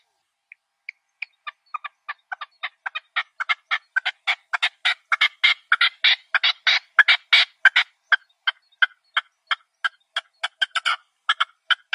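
Partridge chanting: scratchy notes begin slowly, accelerate into a fast, loud chuckling series around the middle, then space out again.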